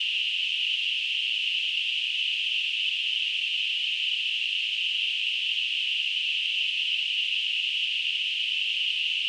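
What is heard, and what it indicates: Simulated tinnitus: a steady, continuous narrow-band hiss centered around 3 kHz, unchanging in loudness throughout.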